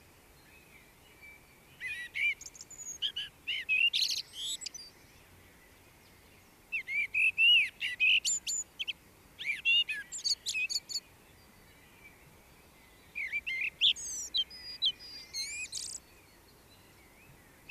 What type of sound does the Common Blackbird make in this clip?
song